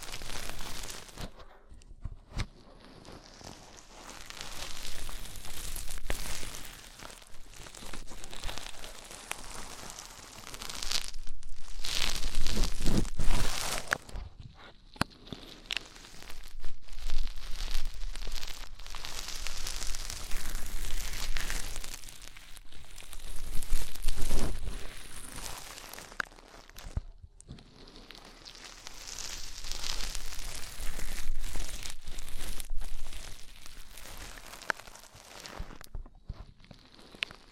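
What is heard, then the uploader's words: Crinkly scraping and rustling sounds of deep ear cleaning. The texture comes in dense bursts of several seconds each, separated by brief near-silent pauses, with sharp crunchy and tearing edges. ASMR INTENSE Deep Ear Cleaning (No Talking).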